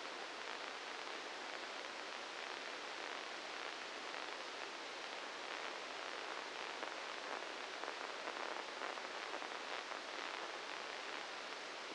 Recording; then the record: brain microelectrode recording played as sound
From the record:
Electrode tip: inside the subthalamic nucleus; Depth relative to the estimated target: -3 mm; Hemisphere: left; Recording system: NeuroSet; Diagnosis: Parkinson's disease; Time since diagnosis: 7 years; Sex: male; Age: 44 years